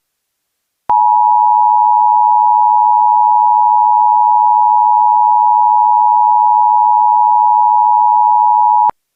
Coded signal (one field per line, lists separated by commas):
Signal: Emergency Alert System (SAME) tones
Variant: 853 and 960 Hz attention tone